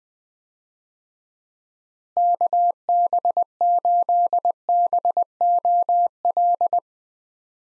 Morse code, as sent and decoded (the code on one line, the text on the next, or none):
-.- -... ---.. -... --- .-..
KB8BOL